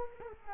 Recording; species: mosquito wingbeat signal from an infrared sensor; Culex quinquefasciatus